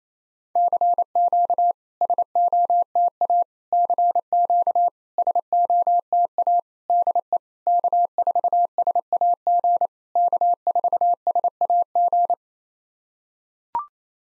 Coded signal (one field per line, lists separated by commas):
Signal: Morse code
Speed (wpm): 28 wpm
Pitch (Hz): 700 Hz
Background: none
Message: CQ SOTA CQ SOTA DE K4SAG K4SAG